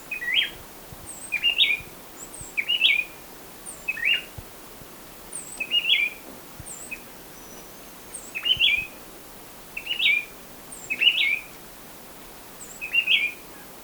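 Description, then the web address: Bar-winged wood-wren singing short whistled phrases repeated many times, each a quick tumble of notes, with thin high notes above between phrases. Ecuador. "S America Birds of Ecuador. Bar-winged Wood-Wren"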